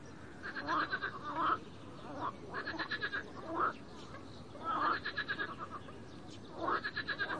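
Frog calls: several quick trains of pulsed notes, some ending in sharp upward-swept croaks.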